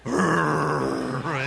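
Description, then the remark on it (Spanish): A voice imitates Eli's loud snoring in his sleep, likened to a truck going downhill braking with its engine: a sustained low, rattling groan with dense harmonics that holds steady for over a second, then rises slightly in pitch at the end. “Y estaba todo lo que daba, parecía, roncaba como tráiler en bajada.”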